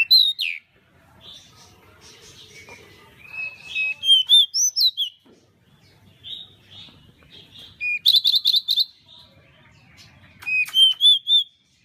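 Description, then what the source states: Pied bushchat song: short bursts of whistled, wavering notes with buzzy trills, in four phrases a few seconds apart, quiet pauses between. Masteran (song-tutor) recording of the bird called decu.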